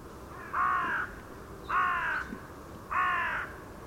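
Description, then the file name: Carrion crow cawing three times, each harsh, hoarse caw about half a second long, spaced roughly every 1.2 seconds over a quiet background. "Corvus corone"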